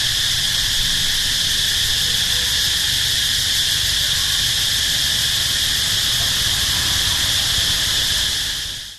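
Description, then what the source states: Locust keeping up an even, shrill electric-sounding buzz, with faint low traffic noise, before the sound quickly fades out at the end. Recorded at night in Siem Reap, Cambodia, with traffic passing.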